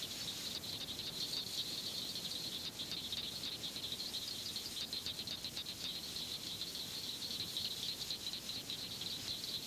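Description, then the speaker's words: Southern cricket frog: a steady band of high, fast clicking notes over a hissy background. Abundant statewide in Florida and heard year-round; call likened to the sound of two marbles struck together. "Its call has been likened to the sound produced by striking two marbles together."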